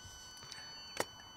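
On a 2013 Vauxhall Astra J 1.7 CDTi, with the cable ties removed, the electrical connector is pushed back into the fuel system sensor/regulator socket. Two sharp clicks are heard at 0.5 s and 1.0 s, the second louder, against a quiet background. The connector clicks but will not stay in, because the lock is not properly engaging.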